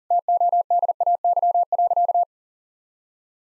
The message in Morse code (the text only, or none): TODAY.